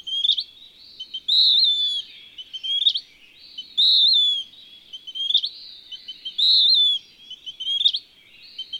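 Western wood-pewee singing hoarse, slurred high phrases at a steady pace, each followed by brief clipped notes, with no other sounds intruding.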